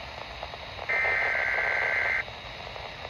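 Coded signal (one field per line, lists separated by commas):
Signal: Emergency Alert System (SAME) tones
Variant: header bursts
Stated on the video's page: Canadian weather radio Required Weekly Test and Required Monthly Test alert tones.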